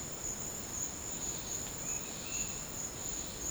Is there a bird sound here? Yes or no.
no